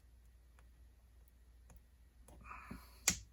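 A wheel assembly is pushed onto its mounting part on a Bburago Fiat 500 F die-cast model car kit. A few faint ticks and some rubbing lead up to a sharp, loud click at 3.1 s as the wheel seats onto the part.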